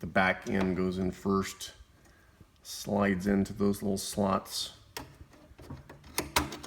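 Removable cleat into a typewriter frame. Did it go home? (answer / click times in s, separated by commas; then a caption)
yes / 6.4 s. Someone talks while refitting the removable cleat to a 1959 Tower President XII typewriter, sliding its back end first into the small slots in the typewriter frame and then pressing it down. A few short handling knocks follow. The cleat clicks into place at 6.4 s, fully seated.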